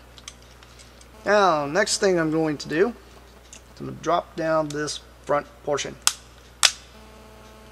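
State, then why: Seated. Someone talks while swinging the front body panel of a plastic transforming robot toy down into its locked position. A sharp plastic click at 6.7 s shows the front section has locked in place.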